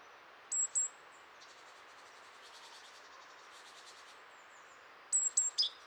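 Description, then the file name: Great tit calls: thin, very high whistled notes at the start and end, with faint buzzy rattles in between. "Parus major"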